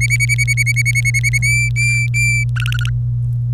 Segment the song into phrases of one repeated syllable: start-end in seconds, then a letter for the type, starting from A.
0.01-1.38 A, 1.42-2.44 B, 2.56-2.90 C